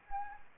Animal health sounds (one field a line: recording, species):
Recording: mosquito wingbeat signal from an infrared sensor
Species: Anopheles gambiae